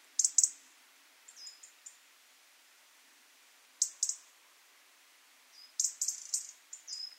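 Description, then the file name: European robin calls, clusters of sharp high ticks mixed with thin, short high whistled notes. "Erithacus rubecula"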